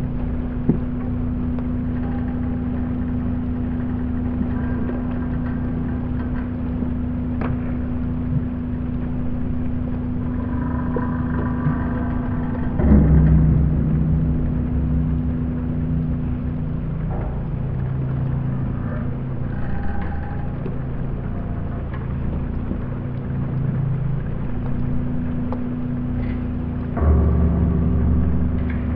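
A floating pontoon beside the Sydney Opera House groans with a steady, low, engine-like drone and a held low tone throughout. Faint higher creaks and whines surface now and then, and the rumble swells louder around thirteen seconds and again near the end.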